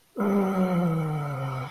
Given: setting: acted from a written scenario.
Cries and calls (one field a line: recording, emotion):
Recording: vocal sound without words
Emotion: contentment